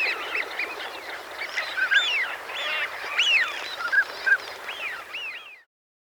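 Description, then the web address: Northern pintail calls from a flock, a steady chatter of whistled piping notes and upward-sweeping calls, busiest near the middle, stopping abruptly near the end. "Pintail"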